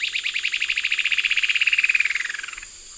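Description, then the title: Bird giving a rapid pulsed trill of about two and a half seconds, level at first, then sliding lower before stopping. "LuckyPassaro Completos2Sama"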